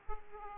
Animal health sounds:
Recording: mosquito wingbeat signal from an infrared sensor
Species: Aedes aegypti

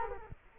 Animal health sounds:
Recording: mosquito wingbeat signal from an infrared sensor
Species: Culex quinquefasciatus

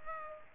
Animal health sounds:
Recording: mosquito wingbeat signal from an infrared sensor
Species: Culex pipiens

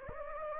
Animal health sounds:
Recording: mosquito wingbeat signal from an infrared sensor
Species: Anopheles gambiae

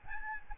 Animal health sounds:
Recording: mosquito wingbeat signal from an infrared sensor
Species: Aedes albopictus

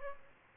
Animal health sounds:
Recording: mosquito wingbeat signal from an infrared sensor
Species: Aedes aegypti

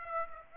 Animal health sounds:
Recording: mosquito wingbeat signal from an infrared sensor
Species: Aedes aegypti

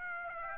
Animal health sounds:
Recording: mosquito wingbeat signal from an infrared sensor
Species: Aedes aegypti

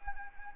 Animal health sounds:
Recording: mosquito wingbeat signal from an infrared sensor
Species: Anopheles arabiensis

